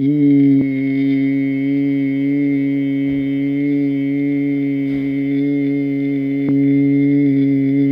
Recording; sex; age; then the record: sustained vowel /i/; male; 50 to 59 years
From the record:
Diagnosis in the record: amyotrophic lateral sclerosis, spinal onset 7 months earlier, no bulbar signs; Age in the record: 51 years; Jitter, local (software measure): 0.25%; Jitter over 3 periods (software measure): 0.14%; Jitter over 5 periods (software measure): 0.17%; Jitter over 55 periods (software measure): 0.55%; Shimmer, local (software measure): 1.9%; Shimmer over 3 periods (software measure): 0.9%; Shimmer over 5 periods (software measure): 1.1%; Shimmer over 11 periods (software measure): 1.9%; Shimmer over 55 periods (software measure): 5.3%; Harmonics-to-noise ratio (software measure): 19.7 dB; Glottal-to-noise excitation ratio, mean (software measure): 0.88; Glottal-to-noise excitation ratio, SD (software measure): 0.030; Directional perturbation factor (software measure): 62.8%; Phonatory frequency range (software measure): 0.21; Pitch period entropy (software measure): 0.64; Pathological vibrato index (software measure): 0.28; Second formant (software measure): 2143 Hz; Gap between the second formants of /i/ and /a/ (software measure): 1005 Hz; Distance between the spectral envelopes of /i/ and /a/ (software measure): 9.8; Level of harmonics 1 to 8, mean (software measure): -17.2, -5.7, -20.8, -32.0, -41.4, -61.7, -61.6, -61.3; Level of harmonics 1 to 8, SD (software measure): 2.6, 2.0, 2.4, 2.2, 2.2, 5.5, 5.7, 4.4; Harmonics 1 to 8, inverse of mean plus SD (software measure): 0.051, 0.129, 0.043, 0.029, 0.023, 0.015, 0.015, 0.015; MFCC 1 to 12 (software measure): 0.4, 14.7, 3.0, -24.1, -8.7, -3.6, -17.0, 2.1, -8.5, -6.0, 8.9, -4.0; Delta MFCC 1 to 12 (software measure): 0.003, -0.009, 0.005, -0.012, -0.002, 0.010, -0.005, 0.010, -0.008, -0.006, 0.005, 0.004